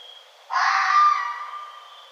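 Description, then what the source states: Red fox producing a single coarse, hoarse bark that swells briefly then fades, with a faint thin high whine before and after. Recorded 1 November 2011.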